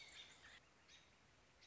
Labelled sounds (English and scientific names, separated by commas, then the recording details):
American Robin (Turdus migratorius)
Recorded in Sonoma County, California